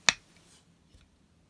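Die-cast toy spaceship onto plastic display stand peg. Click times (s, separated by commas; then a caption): 0.1 s. A Hot Wheels Star Wars Millennium Falcon die-cast toy spaceship is plugged onto the peg of its plastic display stand. It gives a sharp, bright snap at 0.1 s, followed by near silence and a faint tick around 1.0 s. The ship is seated on the stand.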